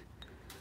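A steel wrist-pin circlip is squeezed into the notch of a new piston for a Yamaha 30HP outboard and worked around the piston pin bore groove with a small pick. It snaps into its groove with a short, sharp click at 0.2 s, followed by a broader, brighter scrape-like sound at 0.5 s. The circlip is seated.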